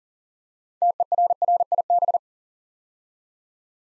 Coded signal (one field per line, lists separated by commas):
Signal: Morse code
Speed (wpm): 40 wpm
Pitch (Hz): 700 Hz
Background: none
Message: TERRIB